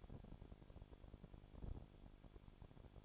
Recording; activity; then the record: daily activity, microphone in the room; no activity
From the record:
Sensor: 5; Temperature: 20.2 degrees Celsius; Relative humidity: 36.5%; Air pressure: 1001.2 hPa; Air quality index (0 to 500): 176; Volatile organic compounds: 4 ppm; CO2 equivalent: 1607 ppm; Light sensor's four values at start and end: 2/3/1/1 and 2/3/1/1